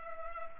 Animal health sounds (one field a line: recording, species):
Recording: mosquito wingbeat signal from an infrared sensor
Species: Culex pipiens